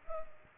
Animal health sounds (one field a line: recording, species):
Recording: mosquito wingbeat signal from an infrared sensor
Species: Culex pipiens